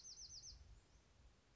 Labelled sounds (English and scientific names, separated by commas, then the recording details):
Bewick's Wren (Thryomanes bewickii)
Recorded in Sonoma County, California